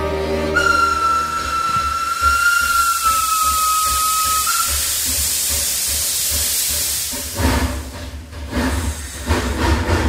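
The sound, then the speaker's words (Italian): A train runs with a steady, loud hissing rumble. A sustained high whistle-like tone holds for the first few seconds, then the noise turns rougher and more uneven toward the end. “Il treno va.”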